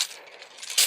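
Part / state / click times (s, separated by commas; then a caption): extendable foot piece on a plastic transforming robot toy's leg / seated / 0.8 s. The extendable foot piece on the leg of a plastic transforming robot action figure is pulled down to extend it for extra height. A soft tick at 0.4 s is followed by a sharp, bright click at 0.8 s as the foot clicks into place, seated.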